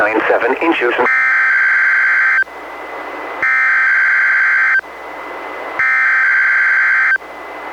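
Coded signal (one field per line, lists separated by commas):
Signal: Emergency Alert System (SAME) tones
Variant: header bursts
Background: speech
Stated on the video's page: National Weather Service required weekly test relayed by a NOAA Weather Radio station, recorded from a Reecom R-1630 weather radio to a Zoom H1 recorder.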